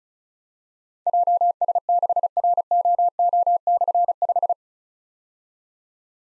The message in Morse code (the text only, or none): JS6ROO/5